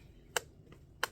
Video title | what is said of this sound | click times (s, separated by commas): Full Presentation of Miami & 2654 | You can hear the little click right there. | 0.4 s, 1.0 s